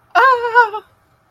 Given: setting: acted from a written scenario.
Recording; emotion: vocal sound without words; triumph